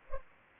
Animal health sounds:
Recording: mosquito wingbeat signal from an infrared sensor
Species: Culex pipiens

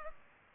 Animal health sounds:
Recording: mosquito wingbeat signal from an infrared sensor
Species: Culex pipiens

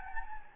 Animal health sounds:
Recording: mosquito wingbeat signal from an infrared sensor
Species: Anopheles gambiae

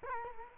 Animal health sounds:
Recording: mosquito wingbeat signal from an infrared sensor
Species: Culex quinquefasciatus

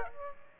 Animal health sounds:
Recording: mosquito wingbeat signal from an infrared sensor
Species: Aedes aegypti

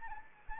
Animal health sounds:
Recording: mosquito wingbeat signal from an infrared sensor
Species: Anopheles arabiensis

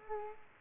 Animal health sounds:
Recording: mosquito wingbeat signal from an infrared sensor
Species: Culex quinquefasciatus

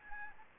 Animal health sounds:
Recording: mosquito wingbeat signal from an infrared sensor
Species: Anopheles arabiensis

